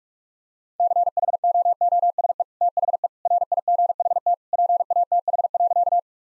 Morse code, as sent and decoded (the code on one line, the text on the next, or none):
-.-. .... --- --- ... . / - .... . / .-. .. --. .... - / .--. .- - .... .-.-.-
CHOOSE THE RIGHT PATH.